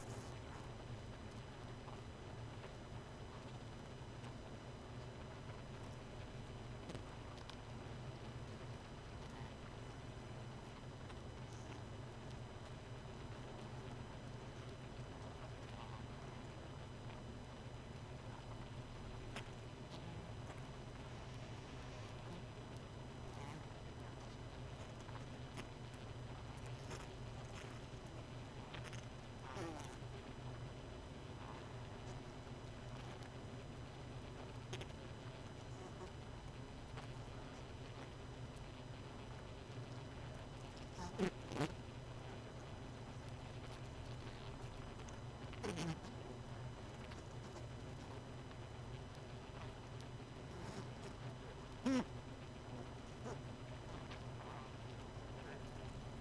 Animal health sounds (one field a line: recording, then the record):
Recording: honeybee colony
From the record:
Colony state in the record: missing queen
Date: 31 May 2018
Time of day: 1:30